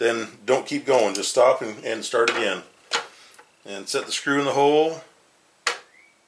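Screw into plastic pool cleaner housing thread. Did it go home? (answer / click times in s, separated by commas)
yes / 5.7 s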